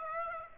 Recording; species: mosquito wingbeat signal from an infrared sensor; Aedes aegypti